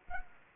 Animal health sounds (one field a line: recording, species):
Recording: mosquito wingbeat signal from an infrared sensor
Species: Culex quinquefasciatus